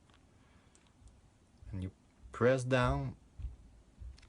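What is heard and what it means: A wiper arm is being entered into the hole near the triangle marking on a Bosch Icon blade adapter for an I&L arm and lined up before pressing, giving only light plastic ticks around 0.1, 0.8, 0.9, 1.1 and 4.2 seconds. Someone talks in the middle of the clip. Nothing has been pressed down or clicked into place yet.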